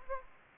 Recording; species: mosquito wingbeat signal from an infrared sensor; Anopheles gambiae